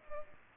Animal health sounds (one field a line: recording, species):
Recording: mosquito wingbeat signal from an infrared sensor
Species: Culex pipiens